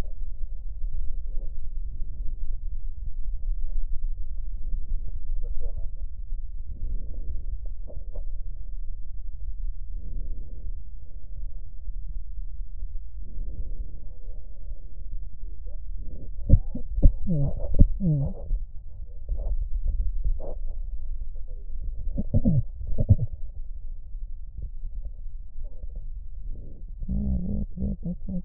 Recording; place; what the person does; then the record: lung sounds by stethoscope; left posterior apical chest; quiet breathing, then cough and speech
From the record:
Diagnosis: COPD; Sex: female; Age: 72 years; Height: 156 cm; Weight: 72 kg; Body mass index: 29.6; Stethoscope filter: extended mode